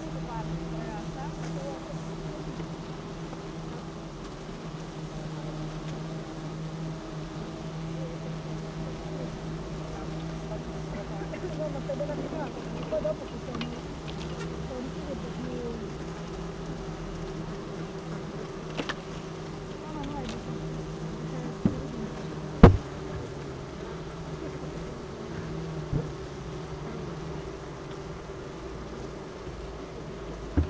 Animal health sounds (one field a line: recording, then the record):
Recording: honeybee colony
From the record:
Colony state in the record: missing queen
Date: 31 May 2018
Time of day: 16:21